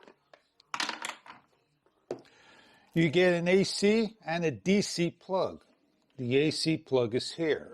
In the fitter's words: won't shake it locks into place